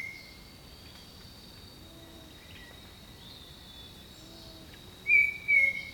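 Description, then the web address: Bird song: after a quiet stretch of faint calls and insect hum, two loud level whistled notes arrive in the final second. Jungle birdsong. "Echoes of Nature - Jungle Talk Jungle Birdsong"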